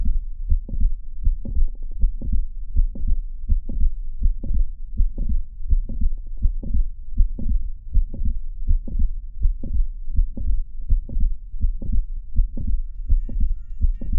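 Adult heart by stethoscope, about 80 beats per minute. Two clicks in the second half of systole, multiple late systolic clicks of mitral valve prolapse, possibly from several prolapsing segments of the mitral leaflets, each generating its own click.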